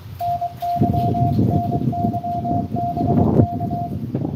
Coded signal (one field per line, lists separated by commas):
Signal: Morse code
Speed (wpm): 23 wpm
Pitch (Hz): 690 Hz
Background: radio noise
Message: NYNYBK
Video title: N2AKJ is live at nessequogue river state park us-2114 doing pota